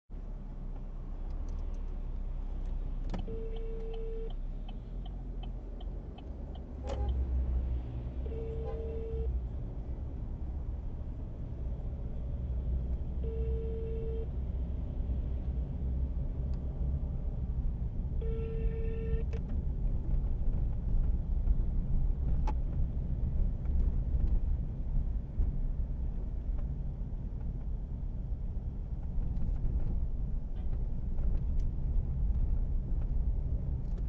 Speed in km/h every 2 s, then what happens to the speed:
0, 0, 4, 11, 14, 14, 18, 19, 21, 21, 22, 22, 20, 20, 20, 18, 19.
0-3 standing. 3-16 pulls away to 21. 16-34 steady at about 20.